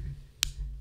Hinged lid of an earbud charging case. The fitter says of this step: that somebody said close it because it makes a satisfying click you want to hear the click I it's it's it is satisfying to the microphone